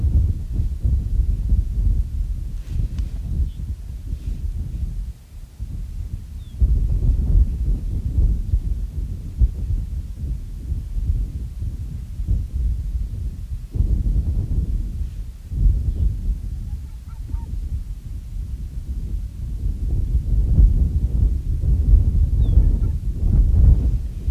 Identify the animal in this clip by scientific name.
Vulpes lagopus